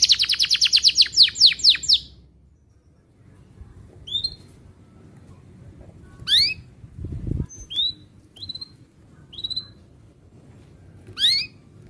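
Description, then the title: Canary with a fast trilled burst at the start, then sparse single upswept chirps spaced a second or two apart, one soft thud midway. Domestic canary, described as an energetic singer with elaborate song variations and rich fill-in phrases. "Kenari Gacor Cengkok Terbaik Isian Paling Mewah"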